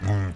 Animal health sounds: contact call of a hoofed animal; wild boar; grunt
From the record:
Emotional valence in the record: positive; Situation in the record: food anticipation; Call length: 0.36 s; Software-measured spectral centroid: 1580 Hz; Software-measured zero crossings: 590 a second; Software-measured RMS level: -24 dBFS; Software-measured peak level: -14 dBFS

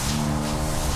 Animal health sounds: contact call of a hoofed animal; cattle; low-frequency (closed-mouth) or high-frequency (open-mouth) call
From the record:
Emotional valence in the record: negative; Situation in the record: full separation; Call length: 0.96 s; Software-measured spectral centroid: 4400 Hz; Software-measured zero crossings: 3980 a second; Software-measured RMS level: -24 dBFS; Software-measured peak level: -12 dBFS

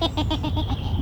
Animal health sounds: contact call of a hoofed animal; goat; low-frequency (closed-mouth) or high-frequency (open-mouth) call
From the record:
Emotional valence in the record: negative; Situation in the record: short social isolation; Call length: 1.02 s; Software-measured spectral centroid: 2130 Hz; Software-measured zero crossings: 1270 a second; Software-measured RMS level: -24 dBFS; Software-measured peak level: -11 dBFS

